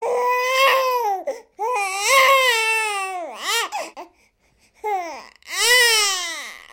Infant Baby Cry.